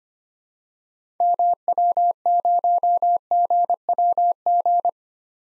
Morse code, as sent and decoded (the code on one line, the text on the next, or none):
-- .-- ----- --. .-- --.
MW0GWG